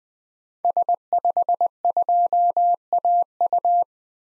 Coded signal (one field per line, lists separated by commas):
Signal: Morse code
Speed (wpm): 20 wpm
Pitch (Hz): 700 Hz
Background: none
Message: S52AU